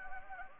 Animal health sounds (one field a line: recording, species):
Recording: mosquito wingbeat signal from an infrared sensor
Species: Anopheles gambiae